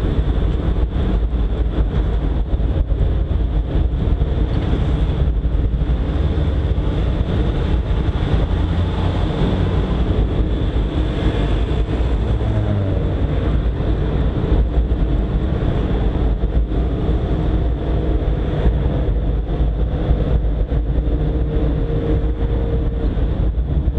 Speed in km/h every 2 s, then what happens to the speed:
32, 33, 32, 33, 34, 36, 35, 36, 36, 36, 36, 31.
0-20 steady at about 35.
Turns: none.